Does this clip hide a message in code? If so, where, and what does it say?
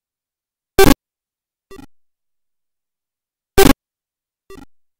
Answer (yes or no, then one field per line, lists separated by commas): no